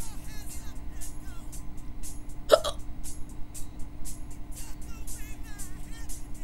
Hiccups.